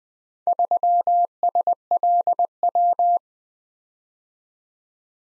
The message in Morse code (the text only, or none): 3SLW